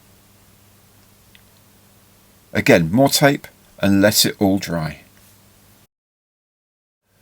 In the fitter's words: the wings go in very well you just need to bend them ever so slightly downward for the fuselage to snap into place properly